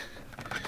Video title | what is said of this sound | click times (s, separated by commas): 82-92 Camaro tail light removal and bulb replacement | in you could hear it click a little bit more | 0.5 s